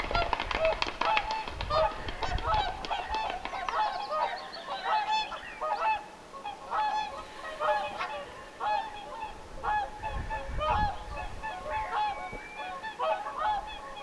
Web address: paivat 1 6 2025 laulujoutsenten aantelya kesalla ilmeisten nuorten rannalla